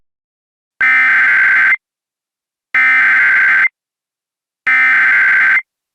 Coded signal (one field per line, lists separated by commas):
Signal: Emergency Alert System (SAME) tones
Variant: header bursts